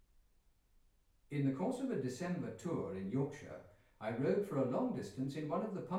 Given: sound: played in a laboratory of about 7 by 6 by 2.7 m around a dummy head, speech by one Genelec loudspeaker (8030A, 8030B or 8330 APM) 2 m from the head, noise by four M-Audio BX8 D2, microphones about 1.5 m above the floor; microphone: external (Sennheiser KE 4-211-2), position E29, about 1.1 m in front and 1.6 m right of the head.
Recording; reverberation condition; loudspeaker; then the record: male speech in English; medium; behind (180 degrees)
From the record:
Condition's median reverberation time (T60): about 510 ms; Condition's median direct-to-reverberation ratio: about -0.5 dB